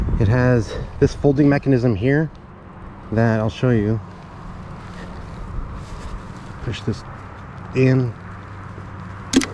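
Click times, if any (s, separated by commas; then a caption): 9.3 s, 9.4 s. Someone talks, then pushes in the folding mechanism lever on the stem of a Hiboy S2 Max electric scooter. Two sharp metallic hits follow at 9.3 s and 9.4 s as the folding latch releases, letting the stem fold all the way down.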